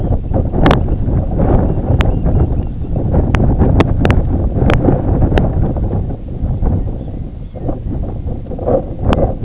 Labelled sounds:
unidentified sound, Red-throated Loon (Gavia stellata), Red Phalarope (Phalaropus fulicarius)
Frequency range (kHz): Red-throated Loon (Gavia stellata) 0.3-2.3 kHz; Red Phalarope (Phalaropus fulicarius) 2.7-4.0 kHz
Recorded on Arctic tundra, site IGLO-A, on 18 June 2018
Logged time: 11:59

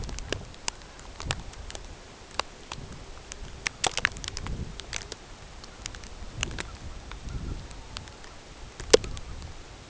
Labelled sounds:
Pectoral Sandpiper (Calidris melanotos), unidentified sound
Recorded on Arctic tundra, site CORI-1, on 16 June 2018
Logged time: 18:00

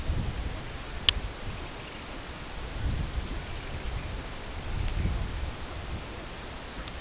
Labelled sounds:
Long-billed Dowitcher (Limnodromus scolopaceus), unidentified sound
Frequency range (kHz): Long-billed Dowitcher (Limnodromus scolopaceus) 1.6-3.6 kHz
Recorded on Arctic tundra, site CORI-1, on 16 June 2018
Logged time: 14:00

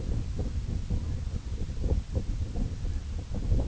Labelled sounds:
Red-throated Loon (Gavia stellata)
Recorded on Arctic tundra, site IGLO-A, on 21 June 2018
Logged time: 15:59

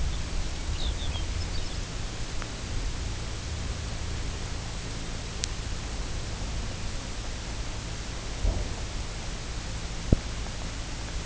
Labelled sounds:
Lapland Longspur (Calcarius lapponicus)
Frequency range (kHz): Lapland Longspur (Calcarius lapponicus) 2.1-5.6 kHz
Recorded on Arctic tundra, site UTQI-2, on 16 June 2019
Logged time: 00:00

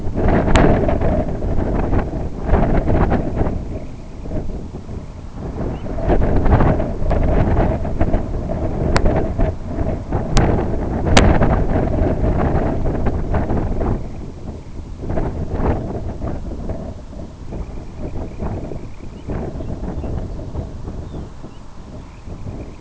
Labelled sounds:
Semipalmated Sandpiper (Calidris pusilla), Lapland Longspur (Calcarius lapponicus)
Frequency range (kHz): Semipalmated Sandpiper (Calidris pusilla) 1.6-3.2 kHz; Lapland Longspur (Calcarius lapponicus) 2.4-4.2 kHz
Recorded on Arctic tundra, site IGLO-B, on 27 June 2018
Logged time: 05:59

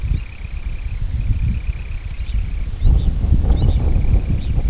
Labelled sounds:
Semipalmated Sandpiper (Calidris pusilla), American Golden-plover (Pluvialis dominica), Red Phalarope (Phalaropus fulicarius)
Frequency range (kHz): American Golden-plover (Pluvialis dominica) 3.2-4.4 kHz; Red Phalarope (Phalaropus fulicarius) 2.9-4.2 kHz
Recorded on Arctic tundra, site IGLO-D, on 25 June 2018
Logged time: 02:00

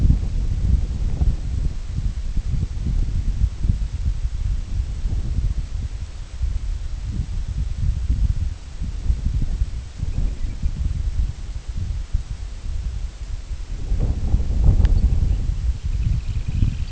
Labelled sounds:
unidentified sound, Semipalmated Sandpiper (Calidris pusilla)
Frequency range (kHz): Semipalmated Sandpiper (Calidris pusilla) 2.2-5.9 kHz
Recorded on Arctic tundra, site IGLO-D, on 25 June 2018
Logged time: 02:00

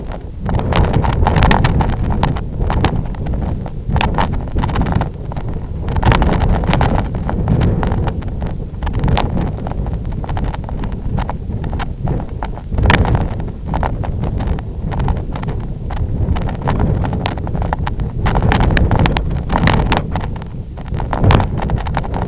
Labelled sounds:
none
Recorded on Arctic tundra, site IGLO-F, on 23 June 2018
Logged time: 12:00

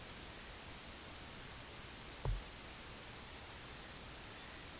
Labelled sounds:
Dunlin (Calidris alpina), unidentified sound
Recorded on Arctic tundra, site IGLO-D, on 17 June 2018
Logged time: 00:00

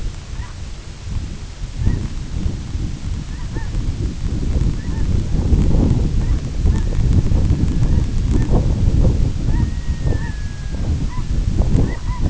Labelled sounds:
unidentified sound, Red-throated Loon (Gavia stellata)
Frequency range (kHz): Red-throated Loon (Gavia stellata) 0.3-2.5 kHz
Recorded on Arctic tundra, site IGLO-A, on 22 June 2018
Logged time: 17:59

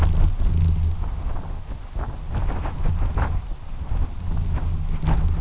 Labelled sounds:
none
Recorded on Arctic tundra, site UTQI-2, on 12 June 2019
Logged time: 04:00

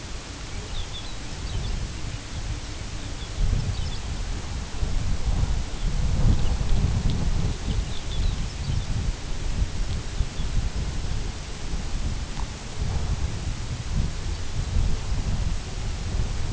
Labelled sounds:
Lapland Longspur (Calcarius lapponicus)
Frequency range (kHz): Lapland Longspur (Calcarius lapponicus) 2.1-6.1 kHz
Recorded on Arctic tundra, site UTQI-2, on 10 June 2019
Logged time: 16:00

